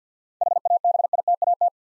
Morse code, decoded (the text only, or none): HABITAT